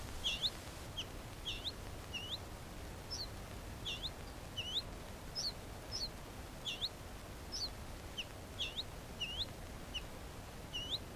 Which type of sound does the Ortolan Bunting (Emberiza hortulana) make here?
alarm call